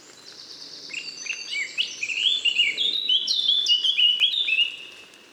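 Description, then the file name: Eurasian blackcap song: soft scratchy warbling swelling into a clearer run of whistled notes, with faint background hiss. "Sylvia atricapilla"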